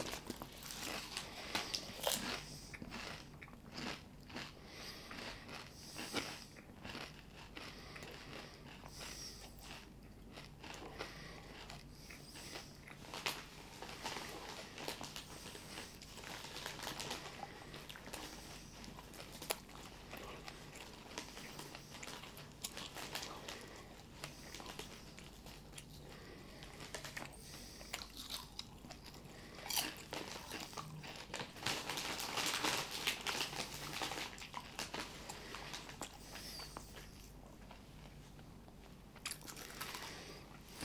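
Chips being eaten and handled, with dense, irregular crunches and crackles running through the whole clip. Bursts of sharp clicking come in quick clusters, heavier around the middle and near the end, over a steady low hum.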